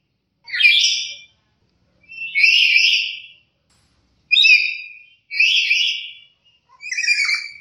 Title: Nuri kepala hitam